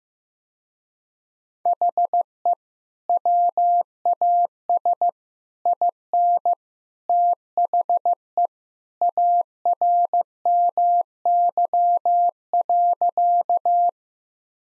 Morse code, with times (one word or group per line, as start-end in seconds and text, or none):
1.7-2.5 HE
3.1-5.1 WAS
5.7-6.5 IN
7.1-8.5 THE
9.0-13.9 ARMY.